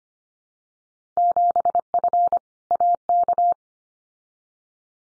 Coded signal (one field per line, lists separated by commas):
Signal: Morse code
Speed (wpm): 25 wpm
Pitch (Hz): 700 Hz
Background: none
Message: 7F AK